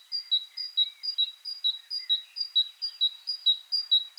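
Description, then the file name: Great tit song, a bright two-note high-low phrase repeated rapidly and evenly throughout, about nine pairs, with a softer lower note slipping in now and then. "Parus major"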